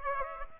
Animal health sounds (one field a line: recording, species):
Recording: mosquito wingbeat signal from an infrared sensor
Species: Aedes aegypti